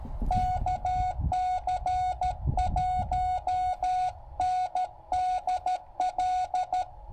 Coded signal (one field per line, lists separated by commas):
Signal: Morse code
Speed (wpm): 15 wpm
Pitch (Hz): 720 Hz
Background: none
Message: KC1NDL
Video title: Knocking out a QRP POTA activation with Jonathan (KM4CFT)!